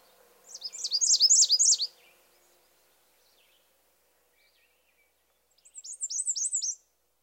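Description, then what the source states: American Redstart singing two separate bursts of high, rapid, downslurred notes, each a little over a second long, with a quiet gap of several seconds between them. A male alternating his various songs, giving a variety of phrases.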